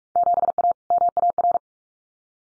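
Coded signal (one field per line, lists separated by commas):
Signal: Morse code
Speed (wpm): 46 wpm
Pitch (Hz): 700 Hz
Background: none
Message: 7A MAR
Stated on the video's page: Field Day exchange head-copy drill at 45 wpm, randomly selected exchanges, each sent in Morse, spoken, then sent again.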